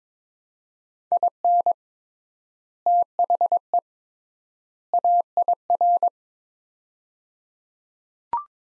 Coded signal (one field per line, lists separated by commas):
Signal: Morse code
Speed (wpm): 21 wpm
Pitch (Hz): 700 Hz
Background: none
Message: IN THE AIR